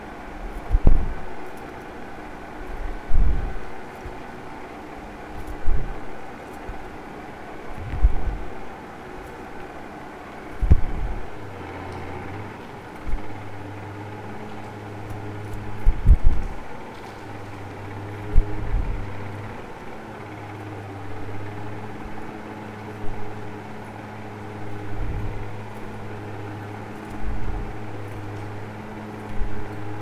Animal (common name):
Atlantic Cod